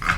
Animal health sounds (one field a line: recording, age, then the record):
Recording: pig call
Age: piglet (1 to 25 days)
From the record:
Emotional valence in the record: positive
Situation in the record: reunion after long isolation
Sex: female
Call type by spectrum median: low-frequency call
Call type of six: low-frequency tonal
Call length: 0.18 s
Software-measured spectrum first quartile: 274 Hz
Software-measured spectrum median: 1222 Hz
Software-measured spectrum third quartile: 1731 Hz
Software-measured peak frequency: 75 Hz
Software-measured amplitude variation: 162 dB a second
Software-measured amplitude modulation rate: 13.7 a second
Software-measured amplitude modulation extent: 11.8 dB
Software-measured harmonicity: 1.9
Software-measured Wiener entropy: -1.62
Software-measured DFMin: 592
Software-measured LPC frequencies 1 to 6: 1317, 2234, 4793, 5548, 6460, 7577 Hz